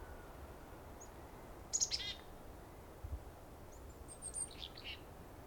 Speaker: So usually chickadees are a good way to find a flock. You hear a chickadee, you'll probably find a flock of birds.